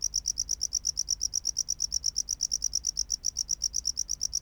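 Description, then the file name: Tropical house cricket chirps, high and pulsing, repeated nearly three times per second with a quiet background hiss. "Bio Acoustica Gryllodes sigillatus"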